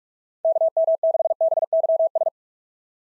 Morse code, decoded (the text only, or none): KM6BYS